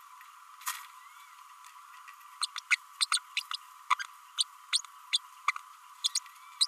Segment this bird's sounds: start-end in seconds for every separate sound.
2.41-2.46, 2.57-2.60, 2.70-2.75, 3.00-3.06, 3.11-3.19, 3.36-3.40, 3.53-3.56, 3.90-3.94, 4.38-4.43, 4.73-4.79, 5.12-5.19, 5.47-5.51, 6.04-6.08, 6.15-6.19, 6.60-6.66